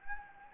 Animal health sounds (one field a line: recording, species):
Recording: mosquito wingbeat signal from an infrared sensor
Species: Anopheles gambiae